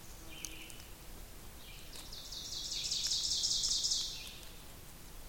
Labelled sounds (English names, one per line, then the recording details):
Ovenbird song
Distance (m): 45 m
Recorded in boreal forest in Alberta, Canada, on 2 June 2016 at 08:52
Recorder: SongMeter 3, array SBT-3-7
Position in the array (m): 213 m, 34 m
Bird 6